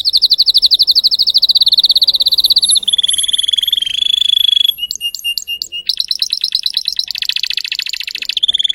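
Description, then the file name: Canary (Spanish Timbrado): canary song: a run of rapid, even trills, shifting to a steady whistled tone, then a clipped, stuttering phrase, then further fast rolling trills. Spanish Timbrado canary singing; title also calls it a Belgian canary. "canto do canario belga timbrado espanhol"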